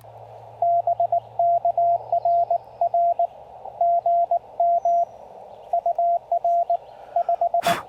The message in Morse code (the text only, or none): BK RR GM UR 5